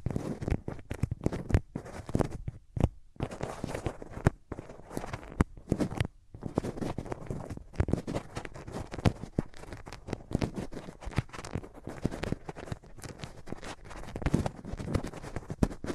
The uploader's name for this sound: Rubbing Your Ears in My Hands Sensitive, Close Up Triggers (No Talking)